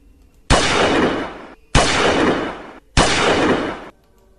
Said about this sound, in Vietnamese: Sau 3 tiếng súng vang lên, hắn phát hiện toàn bộ đều đánh vào ở trên bảng nhôm, không làm bị thương